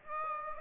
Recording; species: mosquito wingbeat signal from an infrared sensor; Aedes aegypti